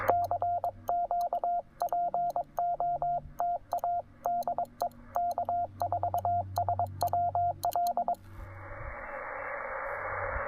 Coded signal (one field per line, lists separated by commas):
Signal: Morse code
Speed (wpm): 22 wpm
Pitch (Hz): 700 Hz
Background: radio noise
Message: CQPOTADEK4SWL